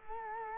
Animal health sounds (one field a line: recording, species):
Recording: mosquito wingbeat signal from an infrared sensor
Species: Culex quinquefasciatus